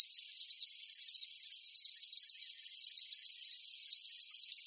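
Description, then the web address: Insect chorus: a steady, high, hissing drone with many quick pulsed chirps throughout. Jungle at night. "Partners In Rhyme Jungle Night Insects"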